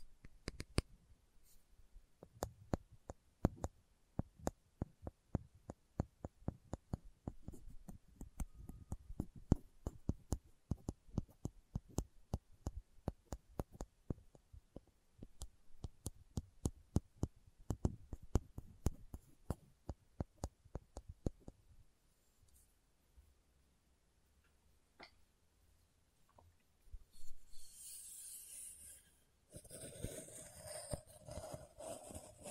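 Slow, crisp tapping in uneven bursts for about twenty seconds, then sparse taps and a bright rustling scrape near the end.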